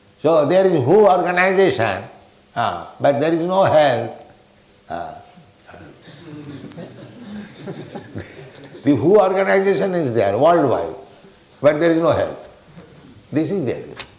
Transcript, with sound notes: So there is a W.H.O. organization, but there is no health. [laughter] The W.H.O. organization is there, worldwide, but there is no health. This is there.